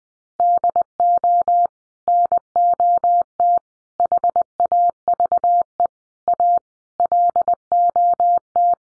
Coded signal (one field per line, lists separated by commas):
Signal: Morse code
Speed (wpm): 20 wpm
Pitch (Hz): 700 Hz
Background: none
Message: DO NOT HAVE A LOT